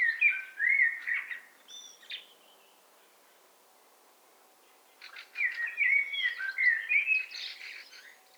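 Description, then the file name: Eurasian blackbird song: a short fluted phrase with squeaky notes, a quiet gap of about three seconds, then a longer warbled phrase. "Turdus merula"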